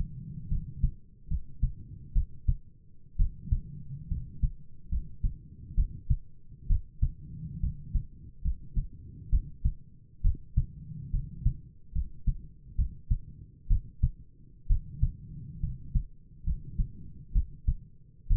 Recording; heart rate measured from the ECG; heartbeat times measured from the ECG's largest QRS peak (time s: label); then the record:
heart sounds by stethoscope; 67 bpm
0.48 s: heartbeat
1.27 s: heartbeat
2.12 s: heartbeat
3.16 s: heartbeat
4.08 s: heartbeat
4.88 s: heartbeat
5.74 s: heartbeat
6.67 s: heartbeat
7.60 s: heartbeat
8.41 s: heartbeat
9.29 s: heartbeat
10.21 s: heartbeat
11.10 s: heartbeat
11.92 s: heartbeat
12.75 s: heartbeat
13.67 s: heartbeat
14.66 s: heartbeat
15.59 s: heartbeat
16.43 s: heartbeat
17.32 s: heartbeat
18.27 s: heartbeat
From the record:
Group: healthy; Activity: rest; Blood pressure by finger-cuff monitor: 105/71 mmHg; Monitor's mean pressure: 82 mmHg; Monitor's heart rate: 69 bpm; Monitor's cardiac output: 7.2 L/min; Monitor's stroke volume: 106 mL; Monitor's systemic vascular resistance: 810 dyn s/cm5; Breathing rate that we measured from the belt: 16 breaths a minute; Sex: male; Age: 22 years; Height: 185 cm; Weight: 112.4 kg